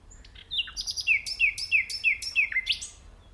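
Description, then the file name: Common nightingale song: a series of clear downslurred whistles repeated about every third of a second, ending with a rising note. "Luscinia megarhynchos"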